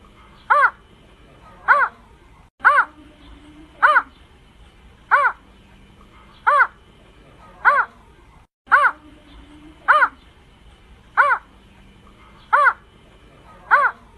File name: Greater Painted Snipe